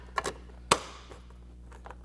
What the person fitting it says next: And that clips in.